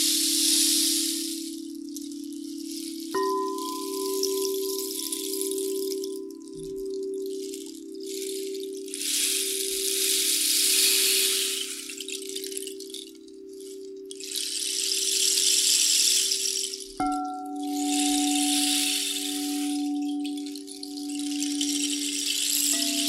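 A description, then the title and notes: A sound bath of long ringing bowl tones, struck anew around 3 and 17 seconds, under slow swelling washes of airy hiss. A Relaxing and Soothing Sound Bath.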